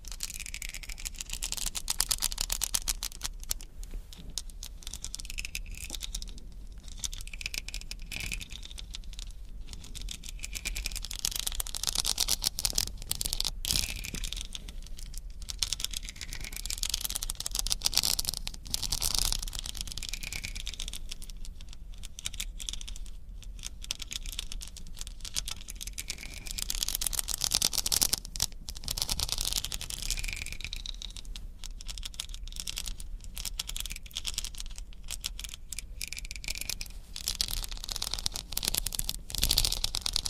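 Crystals, beads and ice being tapped and scratched in a dense, busy stream of small clicks and clatters. The bright, rattling texture runs steadily for the whole forty seconds, with sharper taps standing out now and then and a low rumble underneath.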